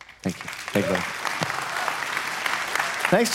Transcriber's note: Audience Applauding